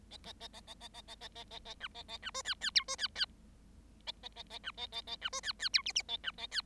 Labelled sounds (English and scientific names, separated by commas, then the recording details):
Bengalese Finch (Lonchura striata domestica) song
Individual Bird7